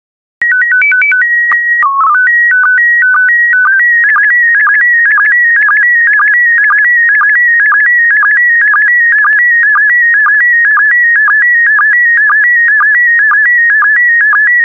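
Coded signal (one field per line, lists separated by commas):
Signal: SSTV (slow-scan television)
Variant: PD 120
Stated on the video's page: PD120-mode SSTV images generated as practice decoding material, with stock photos and synthetic audio prompts.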